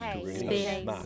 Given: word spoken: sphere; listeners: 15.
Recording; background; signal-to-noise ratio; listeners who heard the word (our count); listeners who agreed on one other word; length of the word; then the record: one English word in noise, from a listening test; four-talker babble; 0.8 dB; 0 of 15; 9 of 15; 0.66 s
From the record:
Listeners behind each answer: 9, 3, 1, 1, 1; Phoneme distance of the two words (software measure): 10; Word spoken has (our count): 1 syllable, 3 phonemes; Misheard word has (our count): 1 syllable, 3 phonemes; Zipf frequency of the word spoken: 3.68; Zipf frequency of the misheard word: 3.42